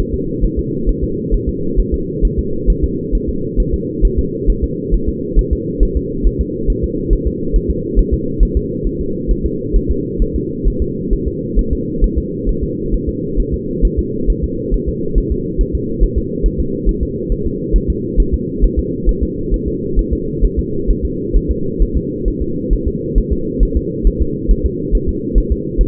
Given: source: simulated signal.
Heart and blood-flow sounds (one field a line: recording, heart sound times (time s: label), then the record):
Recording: fetal heart sounds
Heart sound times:
0.00 s: S1
0.14 s: S2
0.44 s: S1
0.59 s: S2
0.89 s: S1
1.04 s: S2
1.34 s: S1
1.49 s: S2
1.80 s: S1
1.94 s: S2
2.25 s: S1
2.39 s: S2
2.70 s: S1
2.84 s: S2
3.15 s: S1
3.29 s: S2
3.60 s: S1
3.74 s: S2
4.05 s: S1
4.19 s: S2
4.50 s: S1
4.64 s: S2
4.94 s: S1
5.09 s: S2
5.39 s: S1
5.53 s: S2
5.83 s: S1
5.97 s: S2
6.27 s: S1
6.41 s: S2
6.70 s: S1
6.84 s: S2
7.13 s: S1
7.27 s: S2
7.56 s: S1
7.70 s: S2
7.99 s: S1
8.14 s: S2
8.43 s: S1
8.57 s: S2
8.87 s: S1
9.01 s: S2
9.31 s: S1
9.46 s: S2
9.76 s: S1
9.91 s: S2
10.22 s: S1
10.36 s: S2
10.68 s: S1
10.82 s: S2
11.13 s: S1
11.28 s: S2
11.59 s: S1
11.73 s: S2
12.04 s: S1
12.18 s: S2
12.49 s: S1
12.64 s: S2
12.94 s: S1
13.09 s: S2
13.40 s: S1
13.54 s: S2
13.85 s: S1
13.99 s: S2
14.30 s: S1
14.44 s: S2
14.74 s: S1
14.89 s: S2
15.18 s: S1
15.32 s: S2
15.61 s: S1
15.75 s: S2
16.04 s: S1
16.18 s: S2
16.46 s: S1
16.60 s: S2
16.89 s: S1
17.03 s: S2
17.32 s: S1
17.46 s: S2
17.76 s: S1
17.90 s: S2
18.20 s: S1
18.34 s: S2
18.64 s: S1
18.79 s: S2
19.09 s: S1
19.23 s: S2
19.54 s: S1
19.68 s: S2
19.99 s: S1
20.13 s: S2
20.44 s: S1
20.59 s: S2
20.90 s: S1
21.05 s: S2
21.36 s: S1
21.51 s: S2
21.82 s: S1
21.97 s: S2
22.28 s: S1
22.42 s: S2
22.73 s: S1
22.88 s: S2
23.18 s: S1
23.33 s: S2
23.63 s: S1
23.77 s: S2
24.07 s: S1
24.22 s: S2
24.51 s: S1
24.66 s: S2
24.95 s: S1
25.09 s: S2
25.38 s: S1
25.52 s: S2
25.81 s: S1
From the record:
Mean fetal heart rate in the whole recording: 135 bpm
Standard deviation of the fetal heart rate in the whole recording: 3 bpm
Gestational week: 36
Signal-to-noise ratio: -6.6 dB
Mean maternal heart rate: 72 bpm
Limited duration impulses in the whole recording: present